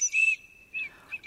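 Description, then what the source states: Eurasian teal giving a clear whistle held briefly, then two shorter whistles. Recorded at Miyaike pond, Kagawa Prefecture, Japan.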